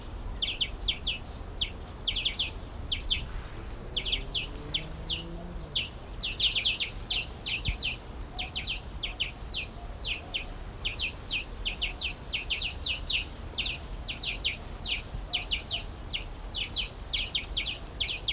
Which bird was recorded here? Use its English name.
European Greenfinch